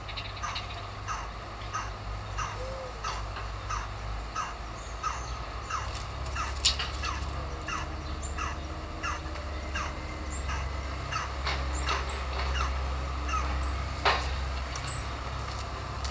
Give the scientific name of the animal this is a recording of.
Trachyphonus erythrocephalus